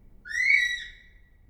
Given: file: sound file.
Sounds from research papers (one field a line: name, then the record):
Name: kiwi Male less Noisy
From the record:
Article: Birdsong Denoising Using Wavelets